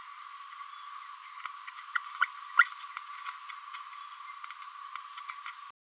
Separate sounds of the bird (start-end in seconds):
1.95-1.98, 2.19-2.26, 2.58-2.66